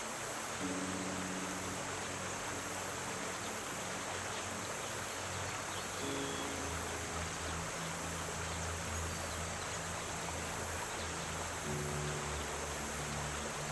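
A river rushes steadily and densely throughout, an unbroken hiss of flowing water filling everything from low to bright tones. Underneath, soft music plays sustained low chords that shift at about 6 and 12 seconds, with a faint high tone briefly near 6 seconds.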